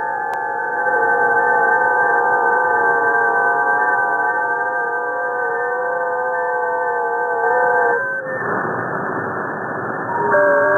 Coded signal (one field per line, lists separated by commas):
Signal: FT8